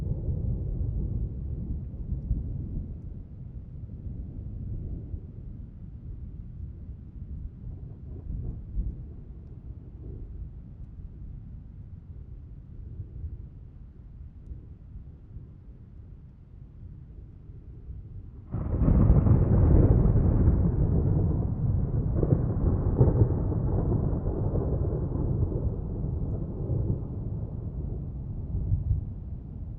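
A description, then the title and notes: Deep thunder rolls through a night storm over the mountains, a low, heavy rumble that sags slowly through the first eighteen seconds. Just before the twenty-second mark a fresh crash breaks in, louder and brighter, then trails off as a long, grumbling roll. Alpine Thunderstorm. The area above Kamniška Bistrica, surrounded by mountains, was hit by a series of extremely powerful thunderstorms. Recorded in Slovenia by Gregor Vida.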